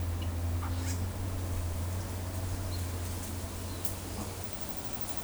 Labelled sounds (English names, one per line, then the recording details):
none
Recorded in forest near Pivijay, Magdalena, Colombia, on 1 June 2023 at 11:00
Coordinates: 10.467, -74.380
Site Z5-G034